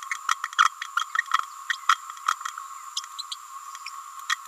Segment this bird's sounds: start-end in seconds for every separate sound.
0.58-0.69, 0.97-1.05, 1.88-1.96, 2.96-3.00, 3.18-3.22, 3.31-3.36